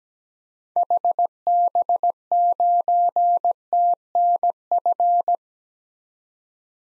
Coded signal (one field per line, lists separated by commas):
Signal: Morse code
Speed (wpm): 17 wpm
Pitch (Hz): 700 Hz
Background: none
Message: HB9TNF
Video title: 2023 SOTA Activator Call Signs - 17wpm